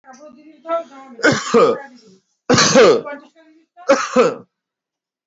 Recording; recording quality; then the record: heavy voluntary cough; moderate, slight background noise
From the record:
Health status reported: respiratory illness, not identified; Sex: male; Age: 35 years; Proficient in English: yes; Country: India